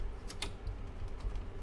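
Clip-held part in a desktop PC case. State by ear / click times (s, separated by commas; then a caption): released / 0.3 s, 0.4 s. Someone works the retaining clips on a clip-held part inside an HP Pavilion Slimline desktop PC case, trying again to release both sides after one side had snapped back in. Two sharp clicks ring out at 0.3 s and 0.4 s over low background noise as the retaining clips release.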